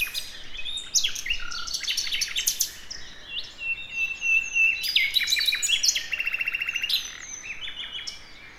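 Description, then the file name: Common nightingale song of jumbled whistles and chattering notes, with a steady pure tone and, later, a fast metallic trill. "Luscinia megarhynchos"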